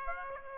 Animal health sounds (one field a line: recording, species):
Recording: mosquito wingbeat signal from an infrared sensor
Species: Aedes aegypti